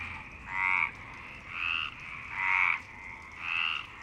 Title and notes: Marseille, Provence-Alpes-Côte d'Azur, France - 26_03_11_19_35 Longchamps grenouilles. Grenouilles au parc de Longchamp MIXPRE 6 + BASIC UCHO